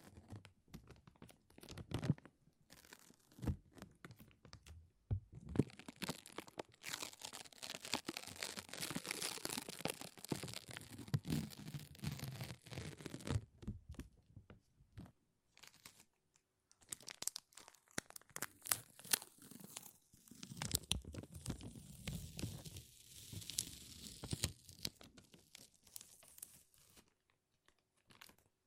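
Sticky peeling sounds from a lint roller and tape, with dense crackling tears that come in bursts. A long ripping stretch runs from about six to fourteen seconds, another from about seventeen to twenty-six, separated by quieter gaps with sharp isolated clicks.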